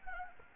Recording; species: mosquito wingbeat signal from an infrared sensor; Anopheles arabiensis